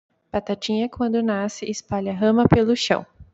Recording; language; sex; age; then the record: short text; Brazilian Portuguese; female; 20 to 29 years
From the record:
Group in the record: control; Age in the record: 28 years